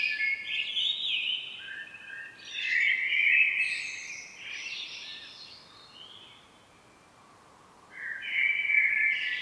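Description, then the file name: Common blackbird song, rich fluted phrases with twittering high endings, a pause, then another phrase begins near the end. "Turdus merula"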